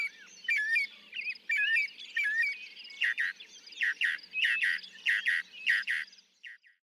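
Northern mockingbird song: varied phrases, each repeated several times, from slurred whistles to harsh buzzy notes, delivered in quick bursts with short pauses.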